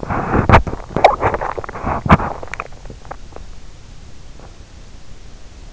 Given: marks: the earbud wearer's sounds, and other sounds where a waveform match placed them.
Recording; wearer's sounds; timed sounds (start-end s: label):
sounds in sleep by an in-ear microphone; body movement, swallowing
0.00-2.50 s: body movement
0.98-3.55 s: swallowing